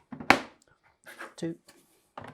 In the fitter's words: so the legs i will position in and push down so they give a positive click sound